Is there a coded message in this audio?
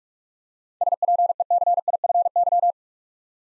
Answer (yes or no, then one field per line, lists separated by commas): yes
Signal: Morse code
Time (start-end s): 0.8-2.7 s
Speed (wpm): 42 wpm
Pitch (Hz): 700 Hz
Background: none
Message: SPECIFY